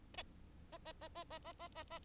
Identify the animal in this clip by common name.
Bengalese Finch